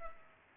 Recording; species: mosquito wingbeat signal from an infrared sensor; Culex pipiens